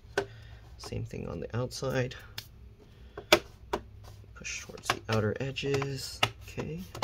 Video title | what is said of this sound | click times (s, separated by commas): Lenovo IdeaPad 3 15IIL05 Complete Disassembly RAM SSD Hard Drive Keyboard Battery Replacement Repair | push those around the edges down click it in | 0.2 s